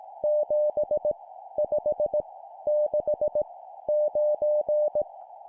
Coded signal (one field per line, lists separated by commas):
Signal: Morse code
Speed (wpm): 18 wpm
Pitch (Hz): 600 Hz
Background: none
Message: 7 5 6 9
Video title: 17wpm Random Numbers, morse code practice